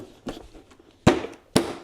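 A stiff plastic leg is pushed into the leg socket of a Skip Hop baby activity center base, with softer knocks around 0.3 s and 0.7 s and a loud thump near 1.1 s. At 1.6 s its spring tab pops into the hole with a sharp click, and the leg is seated.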